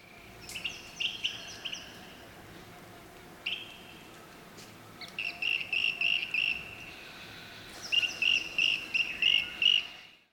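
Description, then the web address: Rainbow bee-eater giving rolling, trilled calls in quick series, each note a short burry trill repeated several times in bursts, over a steady background hiss. "rainbow bee eater bird call"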